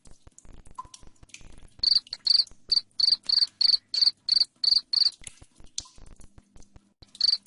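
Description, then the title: Cricket chirps begin after faint clicks, a steady string of sharp, high trilled pulses, then quieter ticking and one last chirp. Loud cricket chirping played to make lovebirds sing continuously. "Suara JANGKRIK NGERIK Keras Bikin LOVEBIRD Jadi NGEKEK Terus Vubey"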